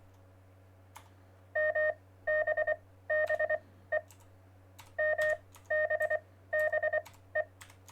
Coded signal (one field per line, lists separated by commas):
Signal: Morse code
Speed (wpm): 23 wpm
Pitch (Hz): 620 Hz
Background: none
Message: MBBE MBBE